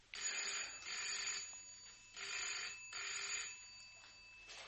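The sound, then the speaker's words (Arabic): A telephone bell rings in repeated bursts, each a bright, buzzing trill lasting under a second, with short gaps between them. The ringing is loud and clear, with no voices over it. “حاضر، تليفون علشانك يا استاذ سرحان.”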